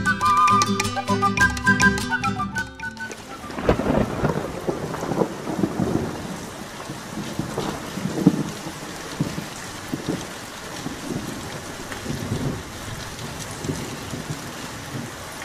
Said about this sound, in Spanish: En el pueblo empezaba a entrar la noche y la lluvia caía lentamente sobre los tejados.